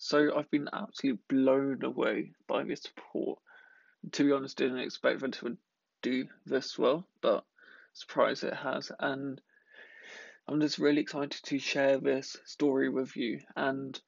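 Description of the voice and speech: An adult man speaks conversationally, with stretched sounds, such as on "to do" and "story", and long, uneven pauses broken by faint voicing. These are mild blocks and prolongations of stuttering, a disorder of speech fluency. He has stammered his whole life, his speech was late to develop, and he had weekly speech therapy for his first ten years, then a later intensive course.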